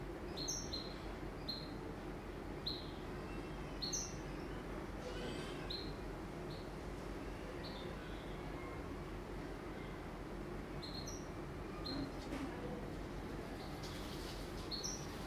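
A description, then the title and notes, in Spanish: Birds chirp in short, repeated bright calls throughout, over a steady, dense low rumble of machinery or traffic that never lets up. Sounds from inside the buildings.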